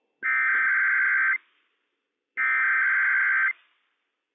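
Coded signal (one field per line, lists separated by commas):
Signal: Emergency Alert System (SAME) tones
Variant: header bursts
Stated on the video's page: Required Weekly Test from a NOAA Weather Radio transmitter in Washington.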